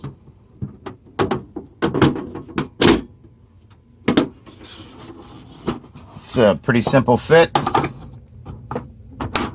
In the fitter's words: Nice, firm, satisfying click.